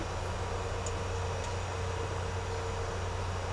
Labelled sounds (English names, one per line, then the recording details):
none
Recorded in secondary vegetation near Puerto Asís, Putumayo, Colombia, on 4 March 2025 at 10:30
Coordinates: 0.468, -76.324
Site G059